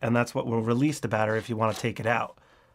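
A small white battery retaining lever in the battery compartment of a Canon R6 II camera is handled while someone talks through most of the clip, which then falls quiet after about 2.3 seconds. Nothing has clicked over or seated yet.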